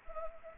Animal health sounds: mosquito wingbeat signal from an infrared sensor; Anopheles arabiensis

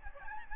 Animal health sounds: mosquito wingbeat signal from an infrared sensor; Aedes albopictus

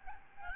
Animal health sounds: mosquito wingbeat signal from an infrared sensor; Aedes albopictus

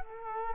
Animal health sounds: mosquito wingbeat signal from an infrared sensor; Culex quinquefasciatus

